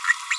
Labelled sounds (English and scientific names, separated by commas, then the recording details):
Green-rumped Parrotlet (Forpus passerinus) babbling
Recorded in a nest box in Venezuela
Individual 18B25A5